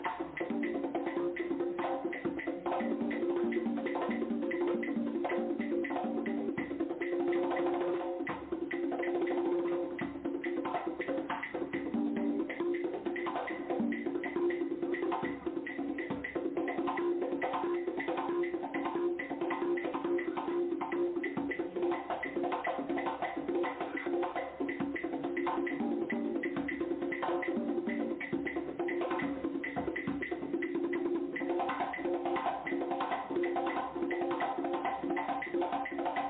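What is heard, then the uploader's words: Drumming goes on without a break, a dense, fast flurry of strokes at an even, steady loudness. A pitched mid-low ring hums under the beats throughout and wavers slightly now and then. The sound is somewhat dull, lacking any crisp high end. Drumming.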